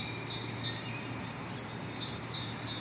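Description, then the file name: Eurasian blue tit gives five high, sharp descending notes, each ending in a short buzzy tail, in quick succession. "Cyanistes caeruleus"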